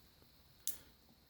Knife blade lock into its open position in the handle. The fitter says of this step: out and it locks the knife into place and it's actually super comfortable it's